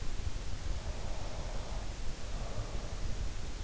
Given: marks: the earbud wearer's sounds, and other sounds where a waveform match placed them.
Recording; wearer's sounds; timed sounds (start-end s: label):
sounds in sleep by an in-ear microphone; breath
0.78-3.03 s: breath